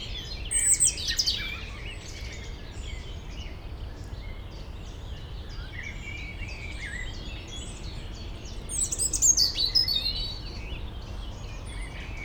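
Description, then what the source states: European robin song in two high, twittering, warbled phrases about eight seconds apart, over a constant low background hum. Robin in the foreground of a small peri-urban wood, Bois de Memard, Aix-les-Bains, France, near the Jardin Vagabond; city hum and lake boats in background.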